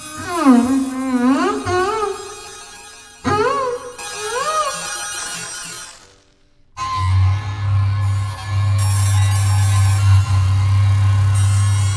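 A rotating megaphone array wails with rising and falling siren tones over the first five seconds, breaking off briefly near three seconds, then fading to near silence around six. After that a steady, loud low hum takes over, with a dense buzzy rasp above it.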